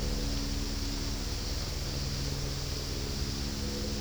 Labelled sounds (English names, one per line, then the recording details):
none
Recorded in pastures near Puerto Asís, Putumayo, Colombia, on 19 February 2024 at 15:00
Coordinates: 0.486, -76.323
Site G6462